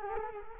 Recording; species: mosquito wingbeat signal from an infrared sensor; Culex quinquefasciatus